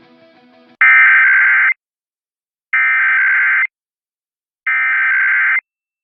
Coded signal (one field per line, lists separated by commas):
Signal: Emergency Alert System (SAME) tones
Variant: header bursts